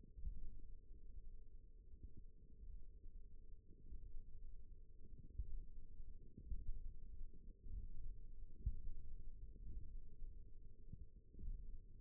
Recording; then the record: forearm muscle sounds (acoustic myography)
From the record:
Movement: tripod grip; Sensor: system 1, eight BSWA MPA416 microphones around the upper forearm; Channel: 2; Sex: female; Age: 20 years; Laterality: right